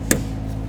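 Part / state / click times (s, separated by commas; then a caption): fuel line quick connector onto fuel pump module outlet / seated / 0.1 s. A fuel line quick-connect fitting is slid onto the outlet nipple of a new fuel pump module on a 2002–2006 Nissan Altima. A single sharp click at 0.1 s sounds over a steady low hum, and the connector is seated.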